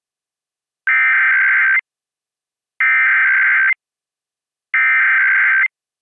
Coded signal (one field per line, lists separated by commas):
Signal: Emergency Alert System (SAME) tones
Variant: header bursts